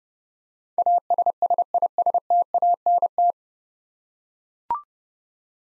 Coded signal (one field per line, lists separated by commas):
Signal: Morse code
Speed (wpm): 30 wpm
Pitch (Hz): 700 Hz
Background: none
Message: ASSISTANT